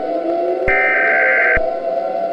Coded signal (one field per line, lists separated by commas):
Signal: Emergency Alert System (SAME) tones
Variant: header bursts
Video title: EAS Mock: Radioactive Dust Storm